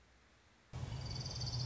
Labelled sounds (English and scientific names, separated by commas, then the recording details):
Orange-crowned Warbler (Leiothlypis celata)
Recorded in Sonoma County, California